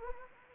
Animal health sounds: mosquito wingbeat signal from an infrared sensor; Anopheles gambiae

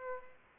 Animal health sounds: mosquito wingbeat signal from an infrared sensor; Aedes albopictus

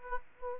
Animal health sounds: mosquito wingbeat signal from an infrared sensor; Aedes aegypti

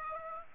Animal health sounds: mosquito wingbeat signal from an infrared sensor; Aedes aegypti

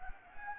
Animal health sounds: mosquito wingbeat signal from an infrared sensor; Anopheles arabiensis

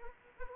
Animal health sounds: mosquito wingbeat signal from an infrared sensor; Anopheles arabiensis

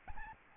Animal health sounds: mosquito wingbeat signal from an infrared sensor; Aedes albopictus

